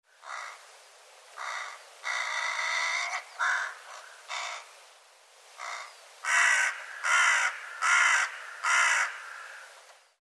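Bird giving harsh, rasping caws in an irregular series, some long and drawn out, ending with four loud evenly spaced calls.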